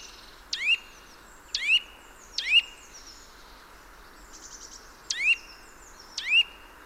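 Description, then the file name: Eurasian nuthatch giving five sharp rising call notes, with a longer pause in the middle, over light background hiss. "Sitta europaea"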